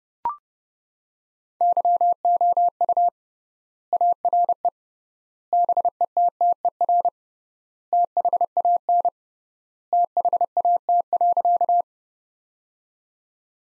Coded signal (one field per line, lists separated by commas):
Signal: Morse code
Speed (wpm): 30 wpm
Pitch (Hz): 700 Hz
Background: none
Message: YOU ARE BETTER THAN THAT.